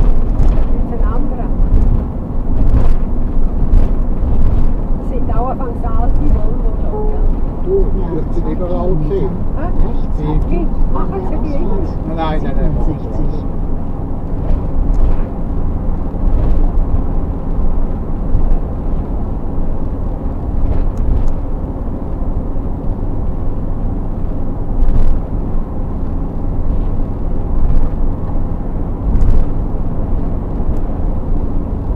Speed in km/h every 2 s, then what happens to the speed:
83, 83, 85, 85, 85, 85, 87, 87, 87, 85, 85, 85, 87, 87, 88, 88.
0-32 steady at about 85.